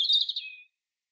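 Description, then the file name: European robin giving a single short, high twittering phrase that slides slightly downward and fades within a second, with nothing else heard. "Erithacus rubecula"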